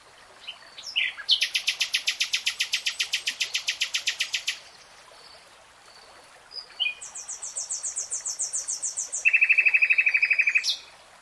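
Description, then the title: Nightingale song: long, fast series of repeated ringing notes, a pause, a second repeated series, then a low buzzy rattling trill. Real-time recording. "[Tiếng chim hót] Nightingale Singing"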